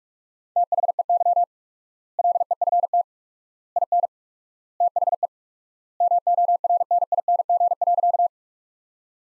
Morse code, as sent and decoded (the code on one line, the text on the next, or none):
- .... . -.-- / .-.. . ..-. - / .. -. / - .... . / -- --- .-. -. .. -. --. .-.-.-
THEY LEFT IN THE MORNING.